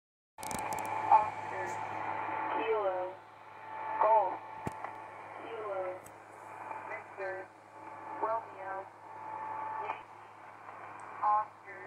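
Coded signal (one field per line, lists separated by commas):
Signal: numbers station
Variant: English female voice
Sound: short spoken words through shortwave static, band-limited and slightly muffled, with small pauses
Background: radio static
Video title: Zahlensender (english Women) - 8992kHz USB - 12.06.2021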